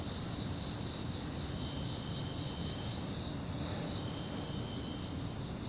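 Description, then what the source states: Steady cricket trilling, a high, even, ringing chorus filling the whole stretch, with soft low noise beneath. Crickets, more than one, in Virginia.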